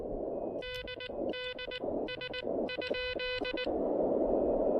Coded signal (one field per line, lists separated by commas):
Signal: Morse code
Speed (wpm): 18 wpm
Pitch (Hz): 3000 Hz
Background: none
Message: DDS ?